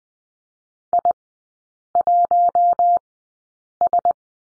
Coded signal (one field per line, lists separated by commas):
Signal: Morse code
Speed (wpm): 20 wpm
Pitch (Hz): 700 Hz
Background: none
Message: I1S